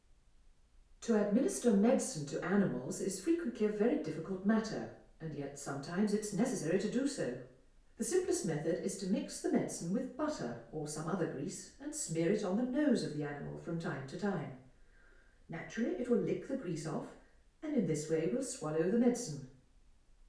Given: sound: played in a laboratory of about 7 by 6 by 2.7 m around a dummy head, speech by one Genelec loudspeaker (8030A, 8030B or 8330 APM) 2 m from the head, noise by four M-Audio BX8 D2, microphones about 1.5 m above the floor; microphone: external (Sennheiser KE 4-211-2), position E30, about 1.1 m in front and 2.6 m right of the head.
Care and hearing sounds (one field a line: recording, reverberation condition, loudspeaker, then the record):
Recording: female speech in English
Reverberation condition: medium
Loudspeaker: 120 degrees to the left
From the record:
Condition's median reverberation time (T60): about 510 ms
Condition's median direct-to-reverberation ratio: about -0.5 dB